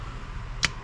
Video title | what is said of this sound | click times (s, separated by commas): DIY Teardrop Camper Galley Build: Custom CNC Cabinets | and pops into place. Just like that. | 0.6 s